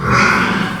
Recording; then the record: squeal of a Yucatan mini pig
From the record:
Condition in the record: after surgery on the right vocal fold (resection and tissue-engineered implant); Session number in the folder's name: 15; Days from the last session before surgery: 175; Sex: female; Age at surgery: 19 weeks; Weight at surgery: 25 kg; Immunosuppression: prednisolone